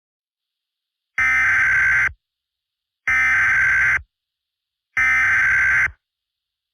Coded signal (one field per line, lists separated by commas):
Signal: Emergency Alert System (SAME) tones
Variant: header bursts